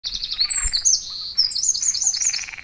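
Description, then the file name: Eurasian wren, a loud, high-pitched burst of rapid trills and sharp ringing notes that run together in a fast, tumbling sequence. "Troglodytes troglodytes"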